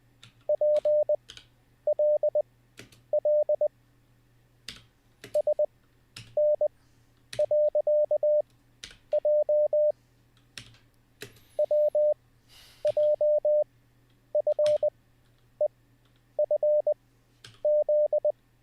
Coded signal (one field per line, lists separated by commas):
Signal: Morse code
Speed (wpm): 20 wpm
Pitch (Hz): 600 Hz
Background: none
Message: PLL SN.J WJFEFZ